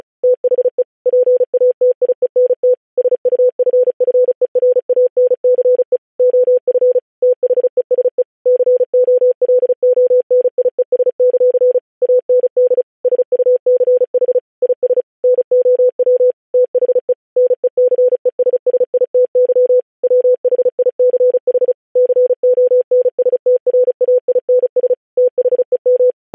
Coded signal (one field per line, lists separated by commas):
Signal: Morse code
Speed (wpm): 36 wpm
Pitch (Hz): 500 Hz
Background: none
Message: THE PATIENT SUFFERANCE OF THESE COLONIES; AND SUCH IS NOW THE NECESSITY WHICH CONSTRAINS THEM